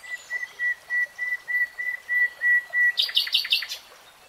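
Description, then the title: Nightingale song: a steady series of evenly spaced pure whistled notes on one pitch, breaking into a burst of harsh, scratchy higher notes. "[Tiếng chim hót] 3 Hours REALTIME Nightingale Singing"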